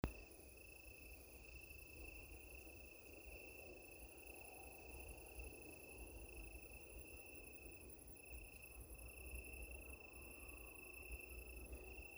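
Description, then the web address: Insect calling: a steady, unbroken high sound with even tonal bands held throughout, over a low hiss and rumble. "Insect Set 459"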